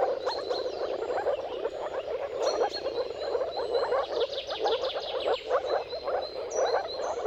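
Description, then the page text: Moor frogs give a constant bubbling chorus, while a bird repeats a thin whistled note several times. Mating calls of a moor frog chorus at sunrise, at the turn of March and April depending on the weather; recorded by Jakub Orzecki. "Dawn’s Chorus: Mating Calls of Marsh Frogs at Sunrise. Depending on the weather at the turn of March and April, you can witness an amazing spectacle of moor frogs. Jakub Orzecki"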